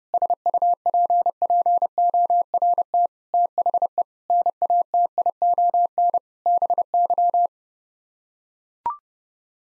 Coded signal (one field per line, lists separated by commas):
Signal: Morse code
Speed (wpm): 30 wpm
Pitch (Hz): 700 Hz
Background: none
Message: SUPPORT THE NATION BY